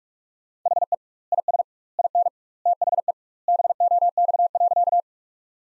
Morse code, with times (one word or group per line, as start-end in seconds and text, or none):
0.7-0.9 HE
1.3-1.6 IS
2.0-2.3 IN
2.7-3.1 THE
3.5-5.0 BOX.